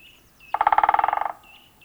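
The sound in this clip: Great spotted woodpecker drumming, a single short rapid roll, with faint high bird calls around it.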